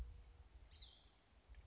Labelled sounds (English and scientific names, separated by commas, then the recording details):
Cassin's Vireo (Vireo cassinii)
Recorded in Sonoma County, California